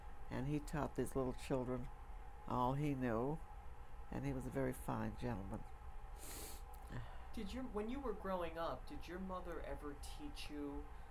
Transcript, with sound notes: and he taught these little children all he knew and he was a very fine gentleman. [sniffs]
Did your — when you were growing up, did your mother ever teach you